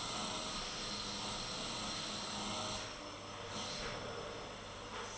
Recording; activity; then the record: daily activity, microphone in the room; vacuum cleaning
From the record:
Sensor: 4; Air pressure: 996.0 hPa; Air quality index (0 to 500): 47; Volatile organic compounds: 1 ppm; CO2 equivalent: 751 ppm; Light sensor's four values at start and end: 18/49/19/20 and 18/49/19/20